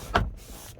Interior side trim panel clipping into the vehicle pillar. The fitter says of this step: the side trim panel back into place here so that just should snap into place